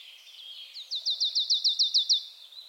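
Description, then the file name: Marsh tit call: a single brisk series of about ten crisp, high, down-slurred notes, evenly spaced and quickly delivered. "Poecile palustris"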